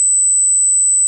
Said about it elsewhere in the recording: I can play a tone for you that sounds like kind of one of the most common tinnitus experiences that people have. This is an 8,000 hertz tone.